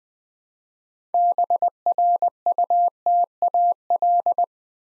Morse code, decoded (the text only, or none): BRUTAL